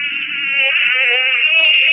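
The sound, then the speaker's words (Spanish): A continuous, high-pitched mosquito-like buzz whines steadily over a phone line during a call from the Jardín Botánico de Montevideo, loud and unbroken for the whole two seconds, with a slight wavering in pitch and no voices, before the connection is lost. “Hay zumbidos de...”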